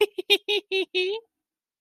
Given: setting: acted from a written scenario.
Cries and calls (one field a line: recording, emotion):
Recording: vocal sound without words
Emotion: romantic love